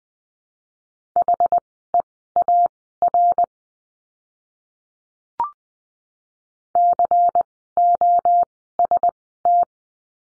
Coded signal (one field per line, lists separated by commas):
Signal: Morse code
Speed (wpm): 20 wpm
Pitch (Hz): 700 Hz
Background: none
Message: HEAR COST